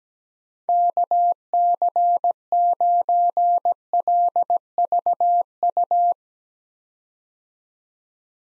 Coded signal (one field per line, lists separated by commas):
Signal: Morse code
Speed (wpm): 17 wpm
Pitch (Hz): 700 Hz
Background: none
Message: KC9LVU